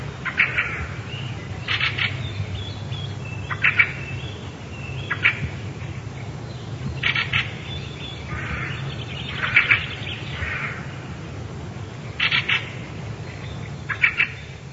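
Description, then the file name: Fieldfare giving harsh, grating chack notes in short bursts, often doubled, repeated every couple of seconds over a steady low hum. "drozd rjabinnik"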